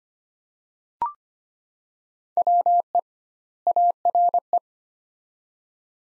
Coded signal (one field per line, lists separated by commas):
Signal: Morse code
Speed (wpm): 25 wpm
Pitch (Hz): 700 Hz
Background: none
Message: WE ARE